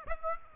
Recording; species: mosquito wingbeat signal from an infrared sensor; Aedes aegypti